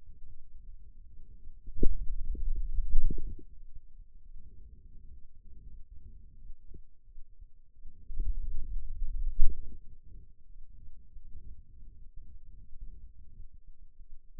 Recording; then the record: forearm muscle sounds (acoustic myography)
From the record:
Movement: finger pinch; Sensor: system 2, bracelet of six BSWA MPA416 microphones around the upper forearm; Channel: 1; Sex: male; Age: 22 years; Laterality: right